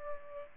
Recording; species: mosquito wingbeat signal from an infrared sensor; Aedes aegypti